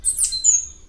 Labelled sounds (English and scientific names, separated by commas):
Stitchbird (Notiomystis cincta) song